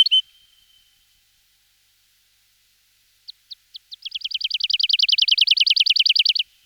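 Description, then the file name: Woodlark singing: a brief note, silence, then a few spaced notes leading into a long, fast, even trill of repeated liquid notes. Recorded in 2004. "roche 2004 heidelerche"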